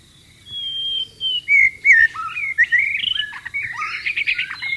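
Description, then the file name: White-rumped shama song: a long steady whistle, then sliding notes building into quick, varied warbled phrases and twittering. Wild bird, in the wild. "suara burung murai batu di alam liar"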